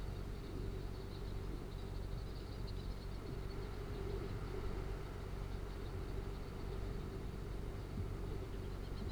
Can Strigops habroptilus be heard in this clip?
no